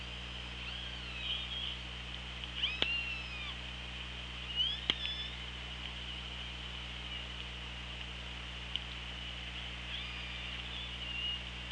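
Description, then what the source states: Orca calls, several short harmonic calls spread throughout, with two sharp clicks among them and steady underwater hiss beneath. OrcaLab hydrophone, 24 August 2017, 16:34.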